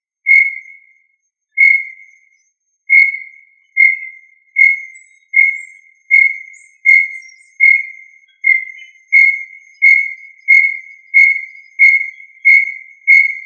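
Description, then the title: Tinamou giving a series of short pure whistles, spaced at first and gradually speeding up into an even run of many notes. "Familia Tinamidae - Quail - Puyuh"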